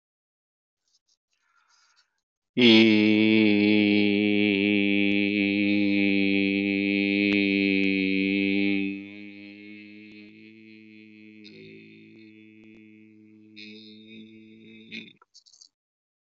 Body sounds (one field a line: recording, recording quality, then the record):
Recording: sustained vowel as in beet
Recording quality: excellent, no background noise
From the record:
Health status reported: healthy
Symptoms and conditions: none ticked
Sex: male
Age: 56 years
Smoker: yes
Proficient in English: yes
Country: India